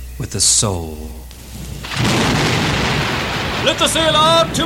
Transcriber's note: thunder claps